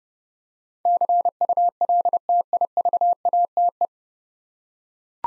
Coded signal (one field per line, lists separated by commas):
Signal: Morse code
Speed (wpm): 30 wpm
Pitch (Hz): 700 Hz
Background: none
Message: CULTIVATE